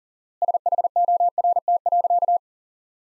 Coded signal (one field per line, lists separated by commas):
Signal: Morse code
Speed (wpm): 40 wpm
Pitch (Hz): 700 Hz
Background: none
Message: SHORT.